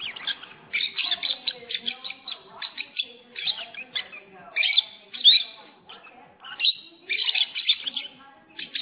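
Lovebird chirps, shrill and scratchy, in irregular bursts with short pauses, some rapid chattering runs between louder squeaky notes.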